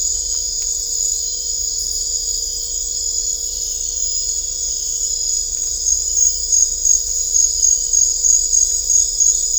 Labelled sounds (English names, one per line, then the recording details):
none
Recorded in dense forest near Puerto Asís, Putumayo, Colombia, on 16 December 2024 at 21:00
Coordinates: 0.500, -76.322
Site G053